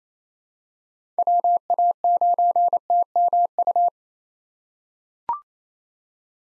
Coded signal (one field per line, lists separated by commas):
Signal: Morse code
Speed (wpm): 27 wpm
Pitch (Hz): 700 Hz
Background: none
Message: WA9TMU